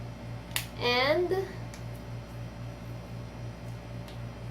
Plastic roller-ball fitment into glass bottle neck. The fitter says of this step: right in there, make sure it clicks,